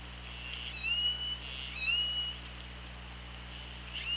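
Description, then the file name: Orca calls, two tonal harmonic calls that each sweep up and then glide down, and a third rising call cut off at the end, over a steady low hum. OrcaLab hydrophone, 24 August 2017, 16:05. "Orca Lab 20170824 160544"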